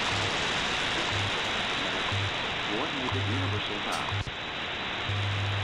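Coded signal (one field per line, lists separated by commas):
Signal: radio time signal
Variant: WWV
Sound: radio hiss with low hum pulses of varying length, faint voice fragment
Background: radio static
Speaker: let's move to the w6 LBP [Music] so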